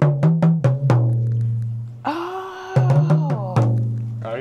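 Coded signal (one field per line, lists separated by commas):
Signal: talking drum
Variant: Yoruba, sakara drum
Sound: about eight low resonant drum strokes with gliding pitch, in two groups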